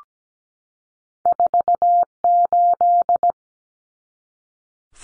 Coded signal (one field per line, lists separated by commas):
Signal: Morse code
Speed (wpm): 17 wpm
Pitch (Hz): 700 Hz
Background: none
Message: 48